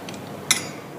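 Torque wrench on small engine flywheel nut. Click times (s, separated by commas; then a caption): 0.5 s. A click-type torque wrench tightens the steel flywheel nut on a small engine while a second person holds the flywheel with a flywheel wrench. A faint tick comes at 0.1 s, then the wrench gives one sharp, bright click at 0.5 s as it reaches its torque setting. No one talks during the clip.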